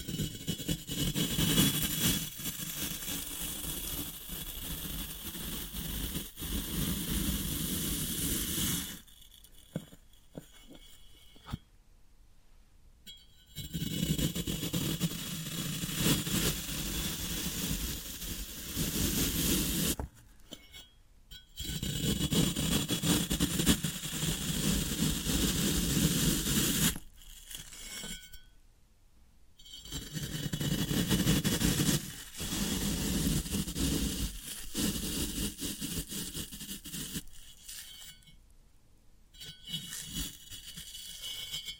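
Floral foam being crushed or rubbed in dense, gritty bursts with a low rumble, broken by short near-silent pauses around 10, 20, 28 and 38 seconds.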